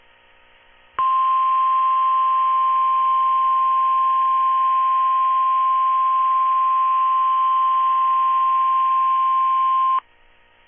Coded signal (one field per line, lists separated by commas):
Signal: Emergency Alert System (SAME) tones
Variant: 1050 Hz attention tone